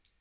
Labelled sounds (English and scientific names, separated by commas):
Magnolia Warbler (Setophaga magnolia) flight call